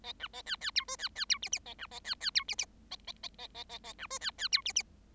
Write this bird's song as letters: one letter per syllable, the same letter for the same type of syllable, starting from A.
A B A C C D E C C D F F A B A C C D F F A A A A A A A B E C C D F F